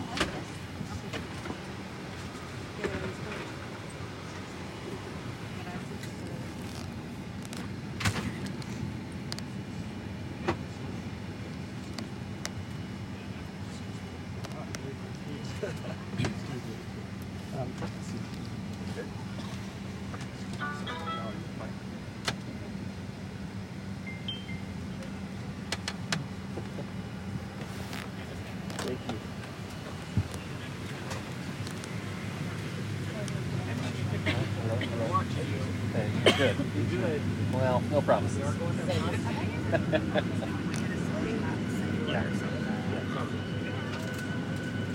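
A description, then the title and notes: Boarding a plane at Sky Harbor Airport: steady low engine rumble with voices, scattered clicks and knocks, the rumble swelling louder after thirty seconds. Fly with me to Las Vegas from Phoenix Sky Harbor International Airport. This track is from the departure gate at Sky Harbor International Airport until I get seated on the plane and we are taxi’ing to the runway.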